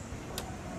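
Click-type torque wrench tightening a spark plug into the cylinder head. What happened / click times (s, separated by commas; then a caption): Torque wrench clicked over at set torque / 0.4 s. A mechanical click-type torque wrench tightens a spark plug into the cylinder head until it breaks over at the set torque. A single short, sharp click is heard at 0.4 s over a low steady background, confirming the set torque has been reached.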